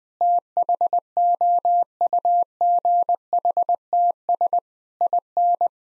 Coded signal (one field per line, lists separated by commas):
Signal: Morse code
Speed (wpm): 20 wpm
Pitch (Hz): 700 Hz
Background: none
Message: THOUGHTS IN